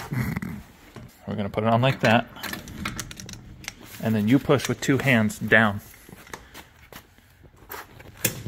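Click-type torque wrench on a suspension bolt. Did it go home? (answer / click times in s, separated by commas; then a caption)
yes / 8.2 s. A helper pushes down with both hands on a click-type torque wrench, tightening a steel sway bar bolt in a star pattern on a 1967 Plymouth Barracuda while someone talks. Small metallic taps and knocks sound throughout. The wrench breaks over with a sharp click at its set torque at 8.3 s.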